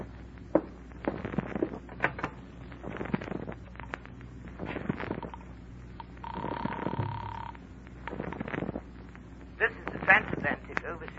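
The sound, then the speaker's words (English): A telephone receiver is lifted with a clatter to place a collect call to New York, followed by bursts of rotary dialing clicks, a steady mid-pitched dial tone lasting about a second, then more sharp clicks. “Mind if I use your phone?”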